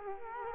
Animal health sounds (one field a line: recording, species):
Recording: mosquito wingbeat signal from an infrared sensor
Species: Culex quinquefasciatus